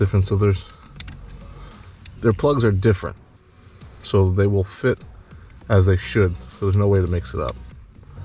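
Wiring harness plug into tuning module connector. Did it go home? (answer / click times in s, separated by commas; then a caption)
no / none. A plastic wiring harness plug is handled at its matching socket while a Z Automotive Tazer DT tuning module is installed on a 2021 RAM TRX. Someone talks over music, with a few brief sharp ticks around 1.0, 1.1 and 2.1 seconds. Nothing has seated or clicked yet.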